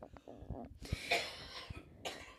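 Two abrupt, harsh coughs from an adult woman, the first longer and louder, the second a brief follow-up burst about a second later. A plain, dry-sounding cough, with faint vocal sounds just before.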